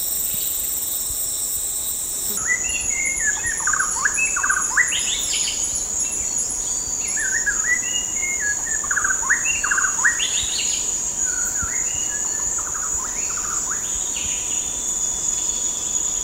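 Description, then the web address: White-rumped shama singing a busy run of short whistled and slurred notes, rapidly varied, with a constant high insect chorus behind. Recorded at Danum on 8 August 2009. "DANUM 20090808. white-rumped shama"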